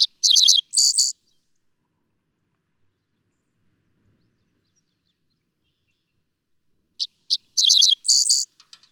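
Dickcissel song: sharp chips followed by buzzy, stuttering phrases, heard at the start and again after a long quiet gap.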